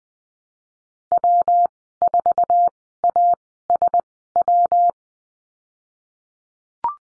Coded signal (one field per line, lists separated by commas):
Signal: Morse code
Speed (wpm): 20 wpm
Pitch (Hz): 700 Hz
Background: none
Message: W4ASW